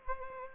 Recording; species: mosquito wingbeat signal from an infrared sensor; Anopheles gambiae